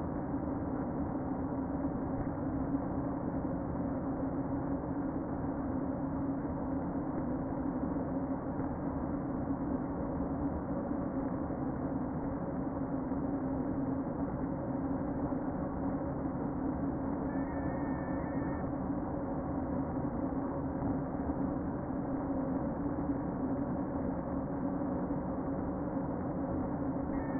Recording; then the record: honeybee colony, microphone inside the hive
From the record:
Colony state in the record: queen present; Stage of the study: before two queens were removed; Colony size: about 60,000 bees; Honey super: yes